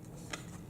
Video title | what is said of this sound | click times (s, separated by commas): Video Lighting for YouTube Videos Neewer Pro CN-160 LED camera Video lamp lighting Review | it's not fully seated | 0.3 s